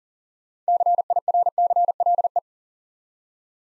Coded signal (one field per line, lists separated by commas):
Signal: Morse code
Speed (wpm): 39 wpm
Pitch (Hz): 700 Hz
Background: none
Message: CIRCLE